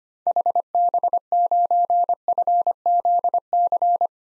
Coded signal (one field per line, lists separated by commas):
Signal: Morse code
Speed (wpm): 25 wpm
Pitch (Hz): 700 Hz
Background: none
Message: HB9FZC